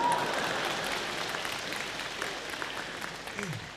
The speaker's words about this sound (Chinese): 哎呀，真是给我的，太感动了，还是咱们北大的观众最好，因为我在外面演出就从来没人给我鼓过掌， 虽然今天到场的只有八九百位观众，但是我知道你们代表的是全国13亿人给我的掌声，所以在我的心里，你们就是全国人大代表。谢谢。